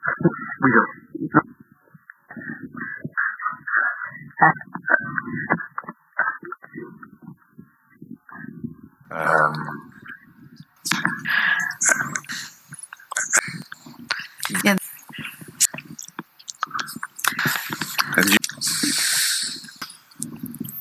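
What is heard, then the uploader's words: Muffled bursts of breath and mouth clicks with low rumbles, band-limited and lossy-sounding at first, turning brighter and hissier after ten seconds. Breaths, clicks, rumbles, compression artifacts.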